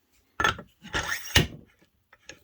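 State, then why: Not seated. On a Bowflex SelectTech 560 dumbbell, the wrong end of the grip is pushed onto the notched shaft and does not lock. Scraping, rubbing pushes come at about 0.4 s and 1.0 s, then a sharper knock at 1.4 s and two faint ticks near 2.1 s and 2.3 s. The grip end has not seated or clicked into the notches, so the fit is a miss.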